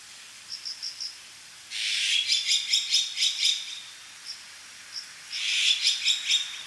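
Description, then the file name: Azure-winged magpie calling: a few short, high, thin notes, then two bursts of rapid, scratchy, rasping chatter about three and a half seconds apart. "onaga"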